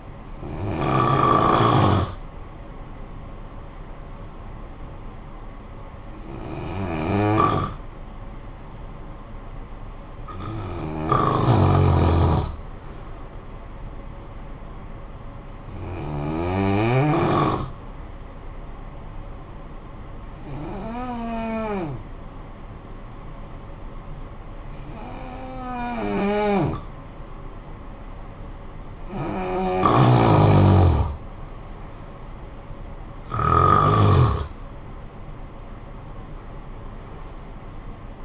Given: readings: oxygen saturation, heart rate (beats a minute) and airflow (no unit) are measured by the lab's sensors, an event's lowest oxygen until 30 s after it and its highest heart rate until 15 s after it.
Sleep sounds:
breathing in sleep by a smartphone at the bedside; 1
5.00-28.90 s: hypopnea (N2, oxygen 95% highest, then 88% lowest, heart rate 53 at the start, 71 highest)
From the record:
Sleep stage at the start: N2 (light sleep); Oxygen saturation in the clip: 87 to 95%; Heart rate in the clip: 50 to 71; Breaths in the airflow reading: 8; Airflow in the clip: -10.1 to 7.4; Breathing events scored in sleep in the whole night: 445 in 7.6 hours asleep

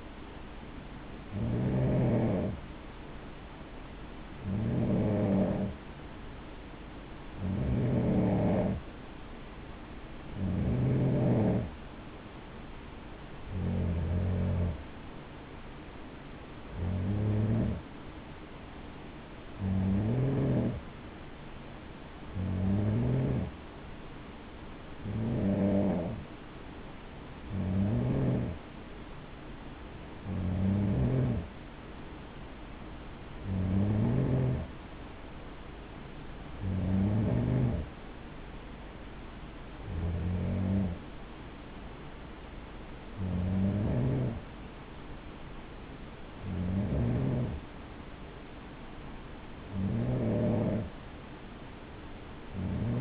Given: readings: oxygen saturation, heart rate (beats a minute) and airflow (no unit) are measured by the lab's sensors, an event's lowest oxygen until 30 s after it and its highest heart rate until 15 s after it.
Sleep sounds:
breathing in sleep by a voice recorder at the bedside; none
none scored
From the record:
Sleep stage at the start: N3 (deep sleep); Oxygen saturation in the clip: 92 to 94%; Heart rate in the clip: 57 to 61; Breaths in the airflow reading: 18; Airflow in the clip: -7.2 to 5.4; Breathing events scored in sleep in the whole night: 216 in 7.0 hours asleep

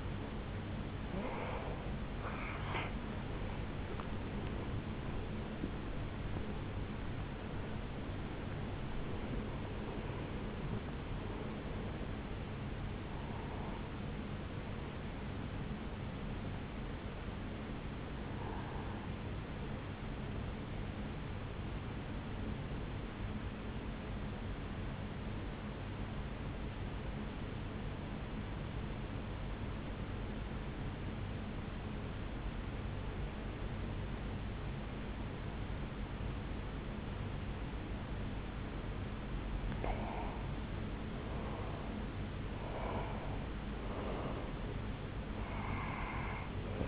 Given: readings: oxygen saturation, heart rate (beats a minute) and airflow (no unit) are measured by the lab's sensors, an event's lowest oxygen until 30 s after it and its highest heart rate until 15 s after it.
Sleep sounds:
breathing in sleep by a voice recorder at the bedside; 1
27.00-40.10 s: obstructive apnea (N1, oxygen 96% highest, then 90% lowest, heart rate 62 at the start, 74 highest)
From the record:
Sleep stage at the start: N1 (lightest sleep); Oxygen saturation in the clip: 89 to 96%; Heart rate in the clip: 60 to 78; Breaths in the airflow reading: 11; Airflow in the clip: -6.7 to 6.9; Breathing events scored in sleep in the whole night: 449 in 7.0 hours asleep

